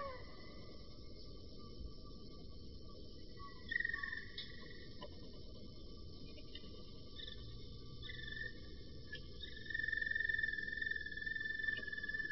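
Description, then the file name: Roller canary song, long sustained flute-like tones held steady, with a few brief higher notes and a louder passage near the end. "kenari-roller-v 4-omkicau"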